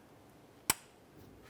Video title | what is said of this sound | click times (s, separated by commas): How to Replace Valve Cover Gaskets 2011-2018 Ram 1500 | You'll hear that snap into place. | 0.7 s